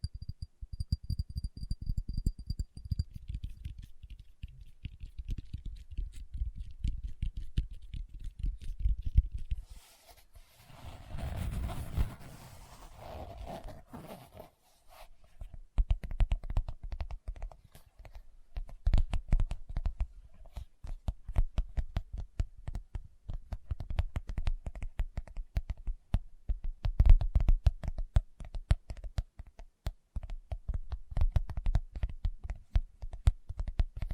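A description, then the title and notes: Fingertips tap rapidly and unevenly, a dense patter of soft, low knocks with occasional sharper clicks. Around ten to fifteen seconds the tapping gives way to a brief rustling, scraping stretch, then resumes just as busy through to the end. ASMR Tapping with Fingertips (No Talking).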